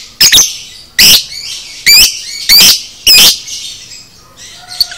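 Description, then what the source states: Lovebird calling: five loud, harsh, buzzy shrieks less than a second apart, then fainter chatter and a last short note. Cage-bird training recording (masteran) of 'paud' lovebird.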